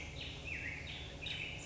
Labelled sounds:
Nuttall's Woodpecker (Dryobates nuttallii)
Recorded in Sonoma County, California

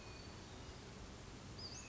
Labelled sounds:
Western Flycatcher (Empidonax difficilis)
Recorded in Sonoma County, California

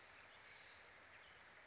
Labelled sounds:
Steller's Jay (Cyanocitta stelleri)
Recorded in Sonoma County, California

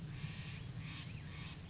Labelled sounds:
Steller's Jay (Cyanocitta stelleri)
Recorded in Sonoma County, California

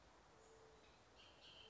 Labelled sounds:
Bullock's Oriole (Icterus bullockii)
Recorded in Sonoma County, California

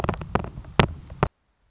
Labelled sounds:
Anna's Hummingbird (Calypte anna)
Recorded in Sonoma County, California

